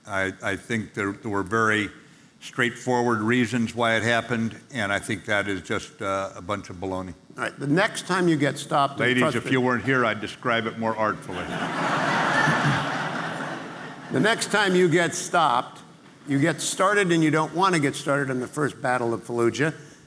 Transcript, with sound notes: I think there were very straightforward reasons why it happened, and I think that is just a bunch of baloney.
All right, the next time you get stopped…
Ladies, if you weren’t here, I’d describe it more artfully. (laughing)
The next time you get stopped, you get started and you don’t want to get started on the first battle of Fallujah.